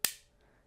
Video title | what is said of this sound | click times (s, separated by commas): Electricians Are Furious Over These Game-Changing DIY Outlets! | it makes that audible click | 0.1 s